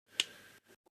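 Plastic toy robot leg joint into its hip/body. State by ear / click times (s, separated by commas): seated / 0.2 s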